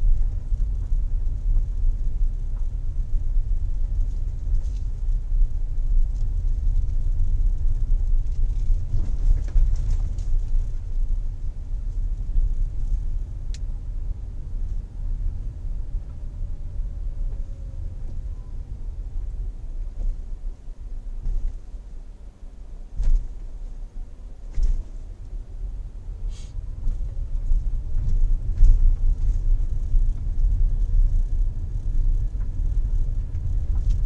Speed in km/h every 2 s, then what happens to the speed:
17, 17, 17, 17, 17, 17, 17, 18, 16, 11, 6, 6, 9, 15, 18, 20, 21.
0-14 steady at about 17. 14-19 slows to 6. 22-34 speeds up to 21.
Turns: none.